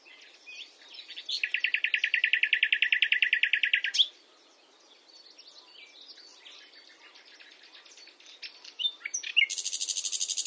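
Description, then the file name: Common nightingale song: a long rapid pulsing run of repeated notes, then quieter varied twittering and a sudden high, harsh buzzy burst near the end. "Luscinia megarhynchos"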